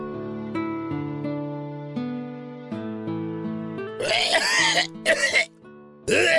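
Adult male, acted: a severe cough, with three harsh bursts of coughing over soft background music.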